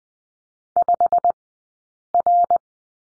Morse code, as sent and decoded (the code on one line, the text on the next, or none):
..... .-.
5R